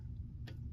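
A torque wrench is clicked once more on the already seated oil pan drain plug of a 2017 Ford Explorer 3.5L, giving one light, short tick at 0.5 s over a steady low hum. The click confirms the plug is torqued to 20 ft-lbs.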